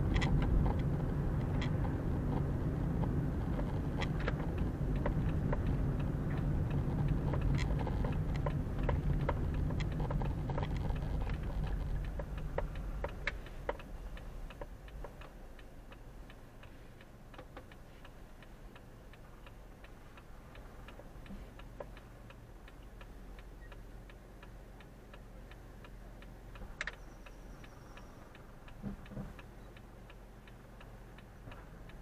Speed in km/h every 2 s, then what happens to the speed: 27, 27, 24, 24, 21, 14, 7, 0, 0, 0, 0, 0, 0, 0, 0, 0.
0-14 slows to 0. 14-32 standing.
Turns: none.